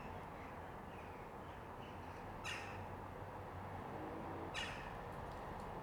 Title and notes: ｐａｔｚｒ ｒａｄｉｏ ｓｉｘｔｙ－ｔｗｏ - untitled [back yard, near sunset]. back yard at dusk. corvids - rooks, mainly, i think - circle, neatly, regularly